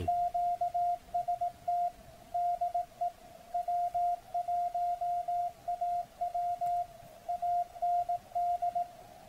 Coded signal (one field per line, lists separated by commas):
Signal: Morse code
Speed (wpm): 18 wpm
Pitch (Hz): 700 Hz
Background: radio noise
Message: QST DE W1AW AND